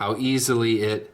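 A folding knife blade is handled on its way closed toward its detent position in the handle, where a detent ball in the liner will drop into its detent hole. Throughout the clip, someone talks. Nothing has seated or clicked yet by the end.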